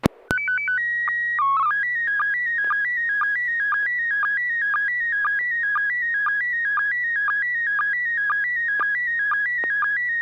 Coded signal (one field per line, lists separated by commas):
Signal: SSTV (slow-scan television)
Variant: PD 120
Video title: N6NA SSTV Net - 03/13/2024